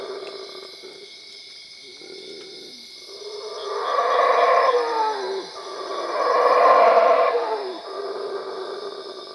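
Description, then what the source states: Howler monkey howling in two long, rough roaring swells, each ending in a falling moan, over a steady high insect drone. Labelled Cuevas.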